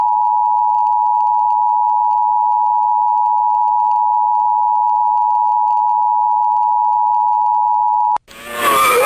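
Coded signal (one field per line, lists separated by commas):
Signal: Emergency Alert System (SAME) tones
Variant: 853 and 960 Hz attention tone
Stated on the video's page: Fictional comedy EAS alert.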